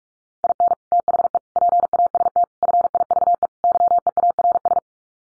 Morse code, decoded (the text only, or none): IN THE PAST FIVE YEARS